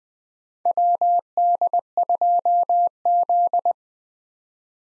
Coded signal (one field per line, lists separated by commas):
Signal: Morse code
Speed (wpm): 20 wpm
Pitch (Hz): 700 Hz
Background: none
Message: WD2Z